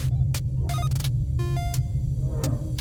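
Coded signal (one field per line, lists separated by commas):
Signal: none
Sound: game menu beeps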